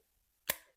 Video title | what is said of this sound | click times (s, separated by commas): Monthly Mounjaro (GLP-1) Update - Pros, Cons, Side Effects & Weight Loss Progress | and there's the second click. | 0.5 s